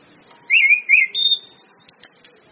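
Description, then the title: Orange-headed thrush delivering one brief, fluty warbled phrase that wavers and then holds a steady high whistle, trailing off into faint ticking notes. Indonesian bird-training lure of ngeplong-style song with female whistles, meant to make birds sing actively. "PANCINGAN anis kembang ngeplong dan SUITAN BETINA"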